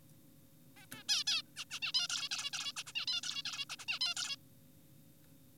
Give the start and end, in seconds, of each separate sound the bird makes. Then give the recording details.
0.77-0.86, 0.92-1.03, 1.09-1.24, 1.27-1.42, 1.57-1.65, 1.71-1.80, 1.82-1.92, 1.94-2.08, 2.10-2.29, 2.31-2.51, 2.53-2.72, 2.77-2.84, 2.87-2.93, 2.96-3.06, 3.08-3.21, 3.24-3.43, 3.45-3.65, 3.70-3.76, 3.79-3.86, 3.88-3.99, 4.01-4.14, 4.17-4.36. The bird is an adult. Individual g4p5U